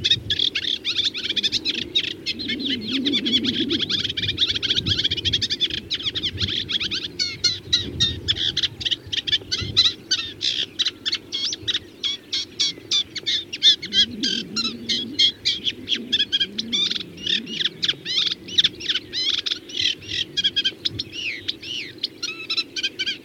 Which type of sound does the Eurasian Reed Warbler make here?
song